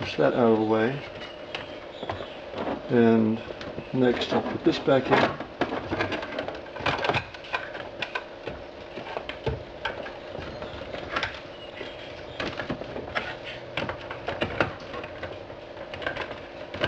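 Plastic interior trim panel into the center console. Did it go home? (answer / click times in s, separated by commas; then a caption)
no / none. Someone talks while handling a plastic interior trim panel being refitted into the center console of a Saab 9-3 after an AUX input jack install. Scattered light taps, knocks and rustles are heard. Nothing has seated or clicked yet.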